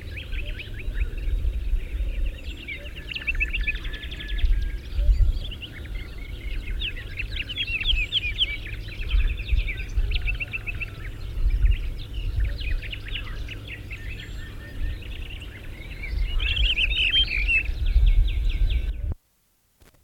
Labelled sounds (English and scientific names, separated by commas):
Common Rock Thrush (Monticola saxatilis) song